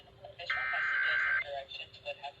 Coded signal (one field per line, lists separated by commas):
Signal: Emergency Alert System (SAME) tones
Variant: header bursts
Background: speech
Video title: REQUIRED MONTHLY TEST SUCCESSFUL - EAS Alert Tests From 4/20/23 (EAS #8-12)